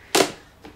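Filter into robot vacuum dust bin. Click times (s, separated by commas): 0.2 s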